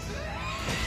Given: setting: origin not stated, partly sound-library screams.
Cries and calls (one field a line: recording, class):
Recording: one-second piece from a danger detection set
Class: woman in danger